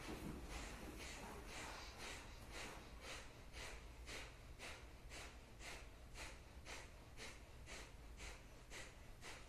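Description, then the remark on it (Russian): Kapalabhati breathing done while sitting on the knees: a steady train of about twenty sharp, forceful nasal exhalations, each a short hissing snort at an even, brisk rhythm, with no talking over it. “Можете пока делать капалабхати, поэкспериментировать с копчиком.”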